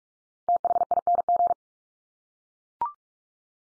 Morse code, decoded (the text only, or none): THING